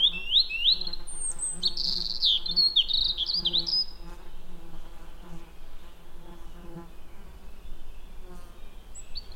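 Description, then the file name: European robin delivering a bright, rapid run of high twittering and sliding notes for about four seconds, then a few faint scattered notes, with an insect humming steadily underneath. "Erithacus rubecula"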